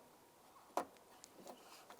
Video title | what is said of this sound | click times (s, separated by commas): How to Replace Power Window Motor & Regulator Assembly 2003-2011 Mercury Grand Marquis | listen for a click give it a tug to make sure it's secure | 0.8 s